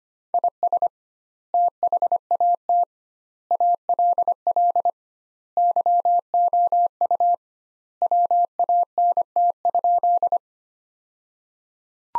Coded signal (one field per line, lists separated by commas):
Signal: Morse code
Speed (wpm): 25 wpm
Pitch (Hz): 700 Hz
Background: none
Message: IS THAT ALL YOU WANT?